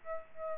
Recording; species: mosquito wingbeat signal from an infrared sensor; Aedes aegypti